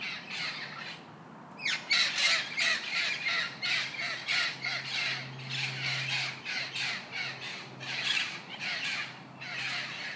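Parrots squawking, many harsh raspy calls in quick succession, with a low hum beneath.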